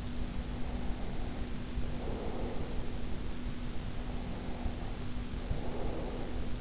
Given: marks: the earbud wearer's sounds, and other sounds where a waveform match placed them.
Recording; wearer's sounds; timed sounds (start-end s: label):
sounds in sleep by an in-ear microphone; breath
0.16-3.14 s: breath
3.70-6.61 s: breath